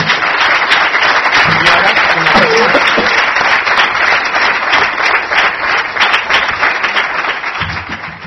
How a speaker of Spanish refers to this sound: Así que yo os pediría que el aplauso a mí no, a los que tienen la culpa, a él.